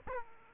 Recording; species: mosquito wingbeat signal from an infrared sensor; Aedes aegypti